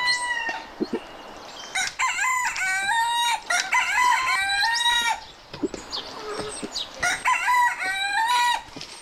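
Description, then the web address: Chicken crowing, several long drawn-out crows with short clucks between. "aso-bit 2018 chicken"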